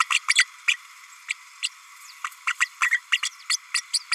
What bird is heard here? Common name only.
Green-rumped Parrotlet